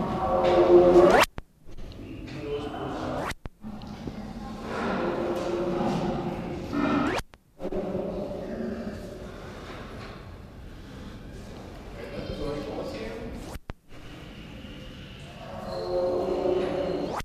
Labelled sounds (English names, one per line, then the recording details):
Snow Leopard growling
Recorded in captivity
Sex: female
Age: adult
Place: Tierpark Berlin, Berlin, DE
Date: 1968-12-22
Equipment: Uher 4200 Report Stereo, Sennheiser MD 421, Verstärker
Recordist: Tembrock, Günter